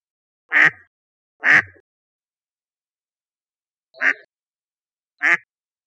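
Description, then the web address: Mallard uttering raspy quacks, a close pair followed after a pause by two softer, shorter quacks about a second apart. "birdfinder"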